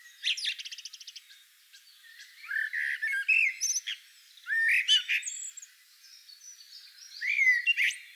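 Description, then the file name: Eurasian blackbird with a quick rattling series of notes, then several squeaky, chattering bursts spaced over the recording. "Turdus merula"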